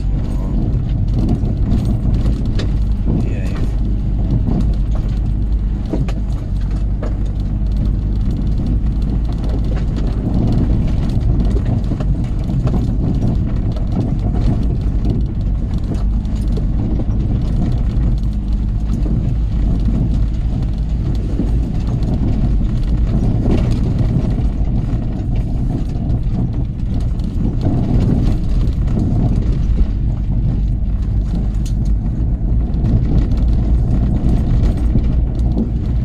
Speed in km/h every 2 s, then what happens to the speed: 19, 19, 21, 19, 21, 19, 18, 18, 19, 21, 21, 21, 16, 16, 18, 19, 23, 24.
0-20 steady at about 19. 27-36 speeds up to 24.